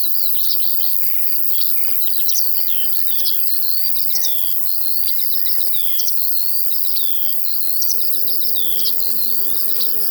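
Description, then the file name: Crickets: a high continuous trill runs under lively bird song of fast chattering notes and slurred whistles. In a field, with larks heard alongside the crickets. "Sounds from a Field Larks and Crickets"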